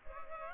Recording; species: mosquito wingbeat signal from an infrared sensor; Culex pipiens